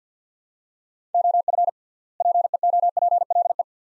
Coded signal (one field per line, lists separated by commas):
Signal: Morse code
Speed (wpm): 50 wpm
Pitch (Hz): 700 Hz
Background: none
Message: OF PEOPLE